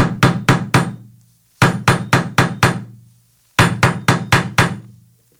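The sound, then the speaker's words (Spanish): Three policemen knock firmly on a door at about 4 a.m., while it is still dark, in three quick bursts of about five raps each, separated by short pauses; the knocks are loud and sharp with a hollow, woody thud, and no one speaks. “A la hora en la que empiezan a sonar las campanadas, tocaron a la puerta.”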